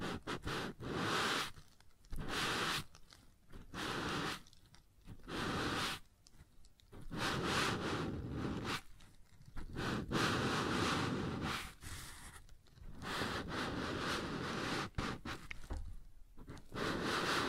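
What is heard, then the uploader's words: Rough scraping on a wooden surface comes in repeated strokes, each a second or two long, separated by short silent gaps throughout. ASMR Sounds on Wooden Surface (No Talking).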